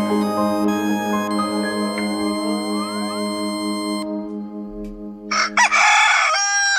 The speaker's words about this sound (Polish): Jakoś tak w tym nowiutkim, szczenięcym jeszcze roczku wyjątkowo elegancko piejesz.